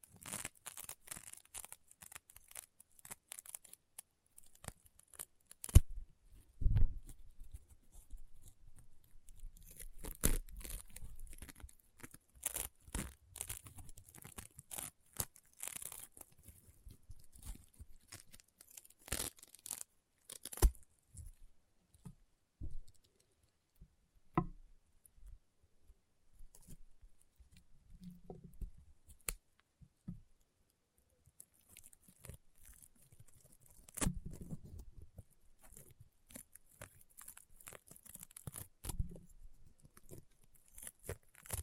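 Crunchy, popping slime is squeezed and pressed, giving dense bursts of sharp crackles and snaps. Louder pops stand out near 6, 10, 20 and 34 seconds, with a few brief quiet gaps between busy stretches. A thin bright hiss sits on top through most of it.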